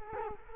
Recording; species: mosquito wingbeat signal from an infrared sensor; Culex quinquefasciatus